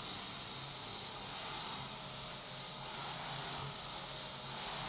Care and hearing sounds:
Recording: daily activity, microphone in the room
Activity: vacuum cleaning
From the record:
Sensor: 3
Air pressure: 1002.0 hPa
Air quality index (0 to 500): 248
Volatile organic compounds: 52 ppm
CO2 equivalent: 3321 ppm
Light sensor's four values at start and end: 12/36/16/13 and 12/36/16/13

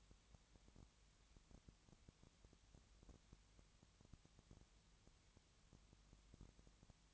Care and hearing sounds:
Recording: daily activity, microphone in the room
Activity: no activity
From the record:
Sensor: 3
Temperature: 20.6 degrees Celsius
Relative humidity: 34.7%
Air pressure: 1007.2 hPa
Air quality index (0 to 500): 137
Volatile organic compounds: 3 ppm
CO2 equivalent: 1527 ppm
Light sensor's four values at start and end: 2/3/2/2 and 2/3/2/2

